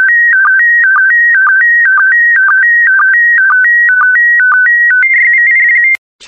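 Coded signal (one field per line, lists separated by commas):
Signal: SSTV (slow-scan television)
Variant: PD120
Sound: repeating warbling two-pitch tone with short low blips twice a second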